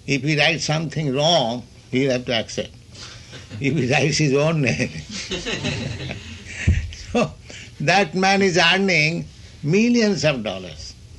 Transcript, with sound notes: If he writes something wrong, he'll have to accept. [laughs] If he writes his own name... [laughter] So that man is earning millions of dollars.